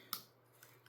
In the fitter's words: Here, I heard the click.